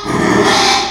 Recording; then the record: squeal of a Yucatan mini pig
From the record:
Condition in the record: after surgery on the right vocal fold (resection and tissue-engineered implant); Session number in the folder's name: 2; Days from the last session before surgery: 13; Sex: male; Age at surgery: 12 weeks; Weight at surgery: 13 kg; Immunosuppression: cyclosporine, prednisolone